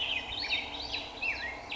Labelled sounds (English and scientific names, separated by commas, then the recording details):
Swainson's Thrush (Catharus ustulatus)
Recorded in Sonoma County, California